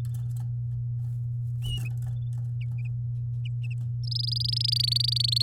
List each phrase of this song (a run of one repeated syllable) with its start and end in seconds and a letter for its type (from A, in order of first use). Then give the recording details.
4.04-5.42 A. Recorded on 8 May 2018 at 08:47. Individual llb16